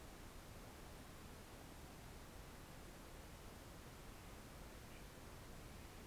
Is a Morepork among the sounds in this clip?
no